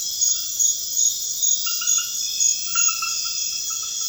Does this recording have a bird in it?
no